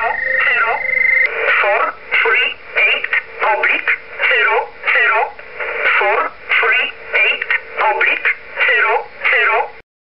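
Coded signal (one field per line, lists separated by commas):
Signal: numbers station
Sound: a brief steady tone, then about twelve short evenly spaced spoken words over radio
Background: radio static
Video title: Mitschnitt verschiedener Zahlensender auf Kurzwelle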